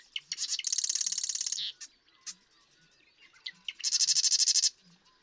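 Marsh Wren song: introductory clicks leading into a long dry buzzing rattle, then after a pause a second rapid trill.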